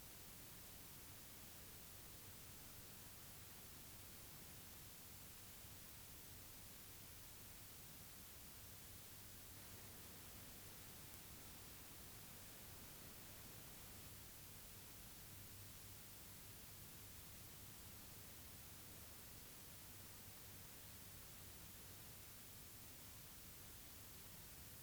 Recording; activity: daily activity, guitar pickup as the sensor; sit